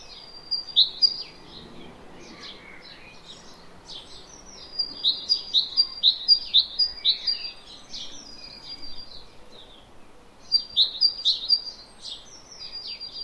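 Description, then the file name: Great tit calling in rapid bursts of bright, high notes, several runs separated by pauses with quieter twitters between. "Parus major"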